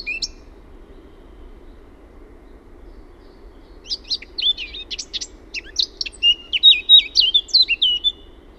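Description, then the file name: Eurasian blackcap song, a brief call, then several seconds of quiet before a single strophe: scratchy twittering opening that swells into loud, clear fluty whistles at the end. "MUSTAPAAKERTTU"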